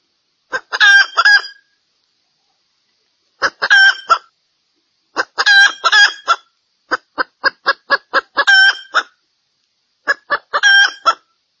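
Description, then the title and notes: Junglefowl clucks come in short, choppy bursts of several notes, with pauses of up to about two seconds between groups. Female junglefowl call used as a lure to attract males; said to draw dozens of males within two minutes. "Panggilan Ayam Hutan Betina. Cukup dua menit dengan suara ayam hutan betina bikin point puluhan pejantan. Pemikat Ayam Hutan"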